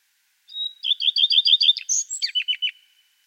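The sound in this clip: Common redstart: a level whistle, a run of repeated looping notes, a high squeak, then a few lower repeated notes.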